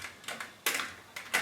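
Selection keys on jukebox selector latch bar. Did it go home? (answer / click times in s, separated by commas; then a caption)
no / none. Selection keys on the selector latch bar of a Rock-Ola 430 jukebox mechanism are pressed down, giving a few sharp ticks around 0.3, 0.4, 0.7 and 1.2 s. None of the keys latch in, because the latch bar is out of adjustment and needs adjusting.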